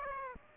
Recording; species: mosquito wingbeat signal from an infrared sensor; Aedes aegypti